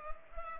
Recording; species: mosquito wingbeat signal from an infrared sensor; Culex pipiens